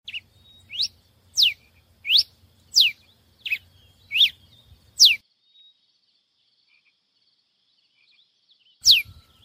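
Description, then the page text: Pileated finch giving a run of several high, quick slurred notes, then a pause and one final note. "TICO TICO REI CINZA (Coryphospingus Pileatus)"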